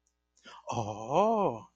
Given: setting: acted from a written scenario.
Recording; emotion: vocal sound without words; awe